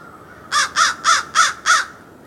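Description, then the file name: American crow calling five hoarse, rasping caws in an evenly spaced quick run, each short and harsh. "Corvus brachyrhynchos - American Crow"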